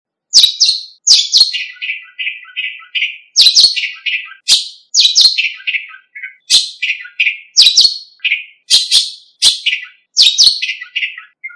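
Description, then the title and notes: Bird giving loud, scratchy bursts that run into quick series of notes, repeated steadily with brief pauses. Indonesia. "Kumpulan Kicau Burung Indonesia"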